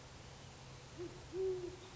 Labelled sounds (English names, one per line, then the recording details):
Band-tailed Pigeon
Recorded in Sonoma County, California